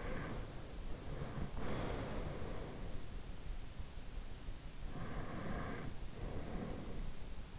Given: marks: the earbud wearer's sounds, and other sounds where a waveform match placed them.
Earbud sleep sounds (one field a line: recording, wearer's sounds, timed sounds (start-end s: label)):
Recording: sounds in sleep by an in-ear microphone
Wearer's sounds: breath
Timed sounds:
0.00-2.66 s: breath
4.92-7.22 s: breath